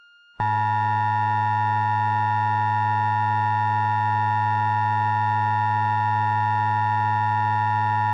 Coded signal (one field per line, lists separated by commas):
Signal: Emergency Alert System (SAME) tones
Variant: 853 and 960 Hz attention tone